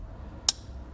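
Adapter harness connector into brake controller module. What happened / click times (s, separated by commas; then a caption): The connector clicked into place / 0.5 s. The other end of the adapter harness is plugged into a Curt Echo under-dash trailer brake controller being installed in a 2018 Chevrolet Silverado 1500. A single sharp, bright click sounds at 0.5 s over a low background hum. The connector is locked into place in the brake controller.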